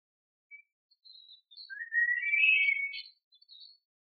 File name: Birds by the Shrine of the Bab